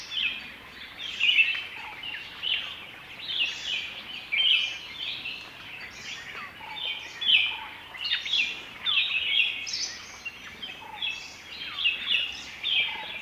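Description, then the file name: Bulbul calls from several birds at once, a constant jumble of bubbly chirps and short whistled phrases, rising and falling in waves of loudness. Several bulbuls, described as cheery. "Cheery Bulbuls"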